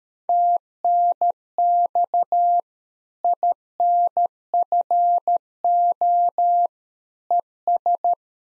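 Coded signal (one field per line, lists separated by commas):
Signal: Morse code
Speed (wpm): 13 wpm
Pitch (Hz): 700 Hz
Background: none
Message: TNX INFO ES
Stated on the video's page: Head-copy practice QSO ending segment (pleasantries, 73) at 13 wpm, each segment sent, spoken, then sent again.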